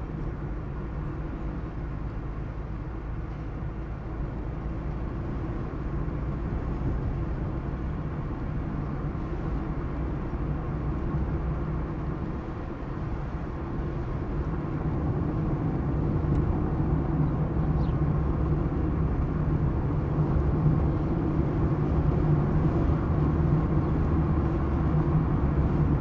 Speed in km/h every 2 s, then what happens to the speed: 51, 50, 51, 51, 52, 57, 59, 59, 61, 61, 62, 64, 64.
0-8 steady at about 51. 8-11 speeds up to 59. 11-26 steady at about 61.